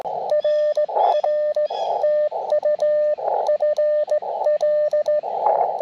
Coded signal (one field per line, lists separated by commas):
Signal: Morse code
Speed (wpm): 15 wpm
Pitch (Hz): 600 Hz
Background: radio noise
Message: RR TU FL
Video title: Cootie Key CW POTA - QRP Activation 4/26/23